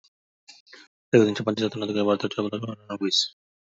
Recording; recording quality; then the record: counting at a fast pace; excellent, no background noise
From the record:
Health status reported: healthy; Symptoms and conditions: none ticked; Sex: male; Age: 35 years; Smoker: not ticked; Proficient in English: yes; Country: India